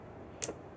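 A grinder-area part is pushed up and worked up and down inside a Gaggia Anima Deluxe espresso machine until it clicks into place. Over a quiet background, a single sharp click at 0.4 s is followed by a softer, lower knock just after. The part is seated.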